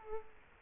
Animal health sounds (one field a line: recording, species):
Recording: mosquito wingbeat signal from an infrared sensor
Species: Culex quinquefasciatus